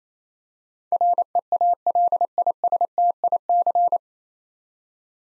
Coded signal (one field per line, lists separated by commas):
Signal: Morse code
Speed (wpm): 28 wpm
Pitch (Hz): 700 Hz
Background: none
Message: REALISTIC